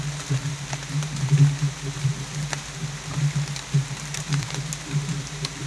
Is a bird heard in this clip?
no